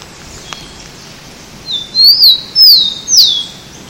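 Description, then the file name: Rufous-collared sparrow singing three clear, loud whistled notes, the first rising then falling, the next two sliding down steeply, after a quiet start with faint background hiss. Mongaguá, São Paulo, Brazil, 7 October 2014. "Zonotrichia-capensis-Pcodas Antas Mongagua SP-BR-7-10-14-ASilveira"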